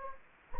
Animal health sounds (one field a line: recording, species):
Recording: mosquito wingbeat signal from an infrared sensor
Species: Anopheles gambiae